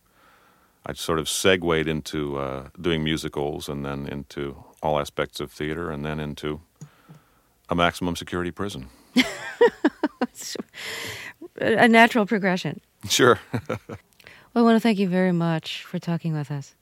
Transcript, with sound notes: I sort of segued into doing musicals and then into all aspects of theater, and then into a maximum-security prison.
(Laughter). A natural progression.
Sure. (Laughter).
Well, I want to thank you very much for talking with us.